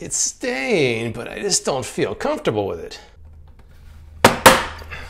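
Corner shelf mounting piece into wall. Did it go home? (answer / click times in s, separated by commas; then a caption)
yes / 4.2 s. A plastic mounting piece for a rotating corner shelf is pressed hard into drywall. Someone talks at first, then after a quiet stretch a loud sharp snap comes at 4.2 seconds, followed by a second strong crack just after. The mount snaps into the wall and is seated.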